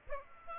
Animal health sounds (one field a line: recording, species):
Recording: mosquito wingbeat signal from an infrared sensor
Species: Aedes aegypti